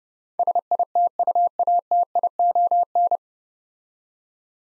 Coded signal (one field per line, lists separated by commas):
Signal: Morse code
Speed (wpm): 30 wpm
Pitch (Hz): 700 Hz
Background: none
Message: SITUATION